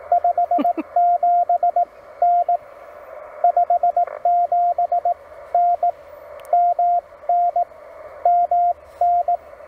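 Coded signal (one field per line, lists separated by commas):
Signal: Morse code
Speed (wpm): 17 wpm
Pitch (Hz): 700 Hz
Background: radio noise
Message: 57 N 57 N MN MN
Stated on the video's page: CW park activation contacts made during the 2024 eclipse.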